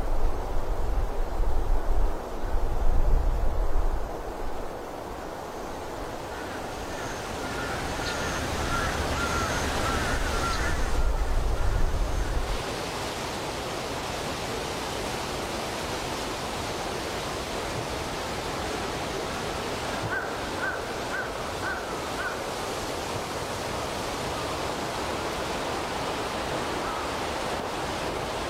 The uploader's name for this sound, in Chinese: 森林间的风